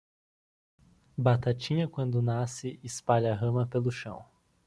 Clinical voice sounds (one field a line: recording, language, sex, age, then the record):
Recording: short text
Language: Brazilian Portuguese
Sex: male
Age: 18 to 19 years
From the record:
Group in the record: control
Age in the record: 19 years